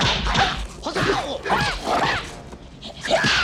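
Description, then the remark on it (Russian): Rapid whooshing swings of a staff and sharp striking impacts as a fighter strikes hyenas with a staff, feet and hands, loud and continuous, with short yelping cries rising and falling between the blows. “Увернувшись от первой гиены, раскидывает остальных ударами посоха ног и рук.”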